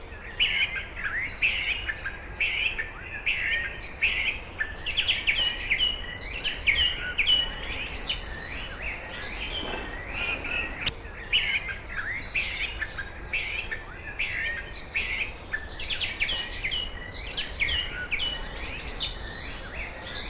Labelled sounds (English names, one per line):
Song Thrush song